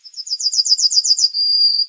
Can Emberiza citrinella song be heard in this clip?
yes